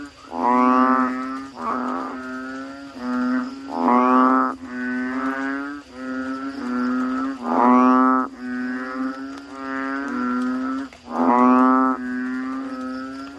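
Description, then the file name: Frog chorus with many overlapping cow-like moans, one- to two-second notes following closely throughout. "suara kodok bangkong"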